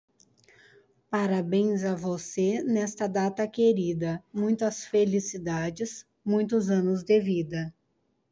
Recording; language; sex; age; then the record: short text; Brazilian Portuguese; female; 40 to 49 years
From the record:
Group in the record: control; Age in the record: 42 years